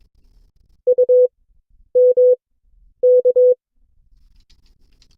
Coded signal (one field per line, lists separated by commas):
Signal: Morse code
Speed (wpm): 22 wpm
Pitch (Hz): 500 Hz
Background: none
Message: U M K